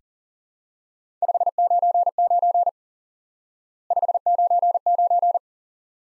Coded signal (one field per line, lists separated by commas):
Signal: Morse code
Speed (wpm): 40 wpm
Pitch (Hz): 700 Hz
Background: none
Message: 599 599